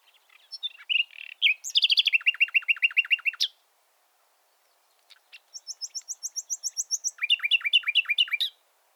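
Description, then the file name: Common nightingale song: whistled notes lead into a rapid run of repeated notes, a pause, then a high series of repeated notes and another quick run of downslurred notes. "Luscinia megarhynchos"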